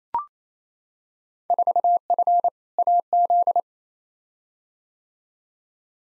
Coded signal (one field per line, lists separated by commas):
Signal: Morse code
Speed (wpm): 28 wpm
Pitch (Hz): 700 Hz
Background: none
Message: 4F AZ